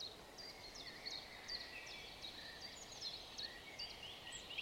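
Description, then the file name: European robin song: a thin, high, varied run of short notes and trills that continues throughout over a steady background hiss. "Erithacus rubecula"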